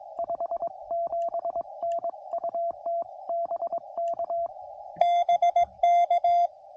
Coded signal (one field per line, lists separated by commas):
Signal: Morse code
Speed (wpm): 22 wpm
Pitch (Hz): 680 Hz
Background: radio noise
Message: 57N UT BK BK